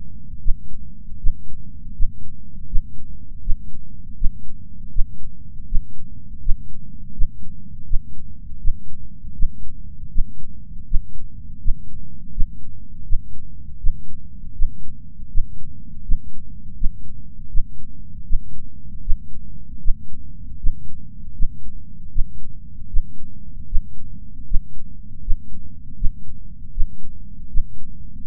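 Steady low-pitched thumping adult heartbeat at about 80 beats a minute, each beat a dull thud over a constant low rumble. The rhythm is mostly regular, with no other sounds beyond the heart.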